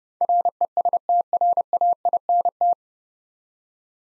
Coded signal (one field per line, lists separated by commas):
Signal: Morse code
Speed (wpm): 30 wpm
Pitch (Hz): 700 Hz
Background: none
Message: RESTRAINT